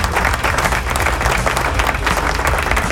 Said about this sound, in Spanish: Aplausos, ¿dónde están los aplausos ahí?